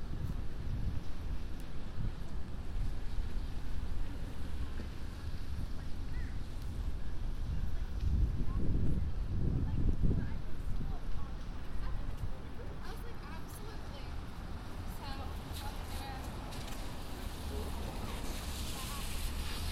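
A rainy night walk up Broadway with steady low rumble and wind buffeting, swelling around eight to ten seconds, with faint voices and scattered clicks.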